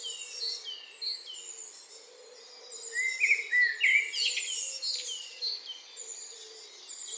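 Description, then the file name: Eurasian blackbird singing a low fluted warble around the middle, over a dense chorus of other birds giving rapid high repeated slurred notes. "Turdus merula"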